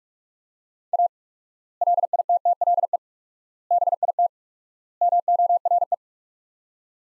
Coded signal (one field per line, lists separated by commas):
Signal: Morse code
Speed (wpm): 43 wpm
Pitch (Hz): 700 Hz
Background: none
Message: A LITTLE BIT MORE